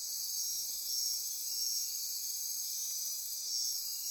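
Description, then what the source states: Insects in a dense, continuous high-pitched chorus, a steady shimmering buzz with faint pulsing swells and no other clear sounds. Insect chorus at midnight near Corcovado.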